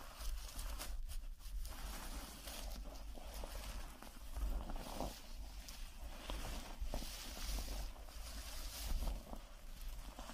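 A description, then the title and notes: Plastic wrap rustles and crinkles against the mic in a dense, uneven stream of scratchy noise that stays constant throughout. Sharper crackling bursts stand out around one, five and nine seconds, over a steady low rumble underneath. PLASTIC WRAP ON THE MIC (EXTRA TINGLY).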